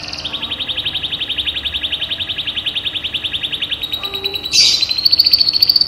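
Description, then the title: Canary song of steady rapid trilled notes for several seconds, then a sudden harsh burst followed by a higher fast trill. Hobby canary named Jenggo whose song is said to sound like a lovebird. "HOBI BURUNG : Si Jenggo kenari rasa Lovebird"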